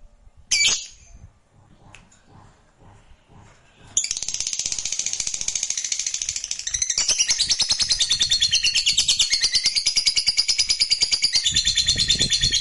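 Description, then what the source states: Lovebird song: a sharp shriek, a quiet pause, then a sustained rapid chattering trill of high buzzy, twittering notes that runs to the end. Fighter lovebird singing energetically (gacor).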